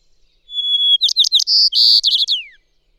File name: White-crowned Sparrow